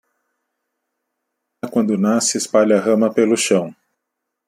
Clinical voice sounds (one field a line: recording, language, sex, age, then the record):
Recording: short text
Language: Brazilian Portuguese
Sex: male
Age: 40 to 49 years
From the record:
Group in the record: control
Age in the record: 47 years